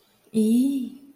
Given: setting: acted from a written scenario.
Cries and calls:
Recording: vocal sound without words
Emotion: negative surprise

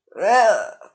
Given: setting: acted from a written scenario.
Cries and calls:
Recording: vocal sound without words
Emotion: disgust

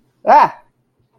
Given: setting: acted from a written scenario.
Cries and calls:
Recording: vocal sound without words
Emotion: negative surprise

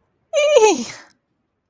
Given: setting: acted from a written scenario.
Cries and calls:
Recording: vocal sound without words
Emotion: distress

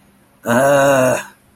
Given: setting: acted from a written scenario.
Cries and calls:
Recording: vocal sound without words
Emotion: anger

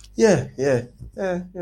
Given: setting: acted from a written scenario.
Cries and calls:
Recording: vocal sound without words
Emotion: interest

